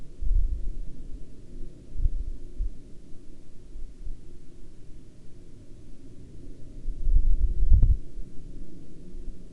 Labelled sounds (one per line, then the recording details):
man-made sound
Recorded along the Dalton Highway, Alaska, on 16 October 2019 at 08:02
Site 07